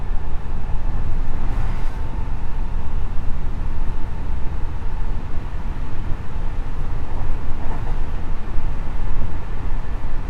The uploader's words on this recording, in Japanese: JR西日本207系電車 学研都市線快速 京橋から木津まで。西日本旅客鉄道207系電車の走行音。学研都市線の快速列車で録音しました。